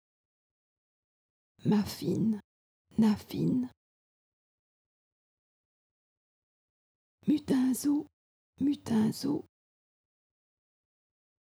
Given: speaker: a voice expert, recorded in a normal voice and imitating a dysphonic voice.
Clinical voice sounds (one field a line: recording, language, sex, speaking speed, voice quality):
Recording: pseudo-word pairs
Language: French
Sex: female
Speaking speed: normal speed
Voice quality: dysphonic voice